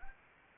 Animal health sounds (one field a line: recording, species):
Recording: mosquito wingbeat signal from an infrared sensor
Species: Anopheles arabiensis